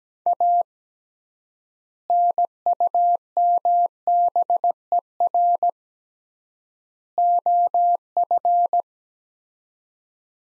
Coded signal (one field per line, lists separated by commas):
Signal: Morse code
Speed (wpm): 17 wpm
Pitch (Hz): 700 Hz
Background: none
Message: A NUMBER OF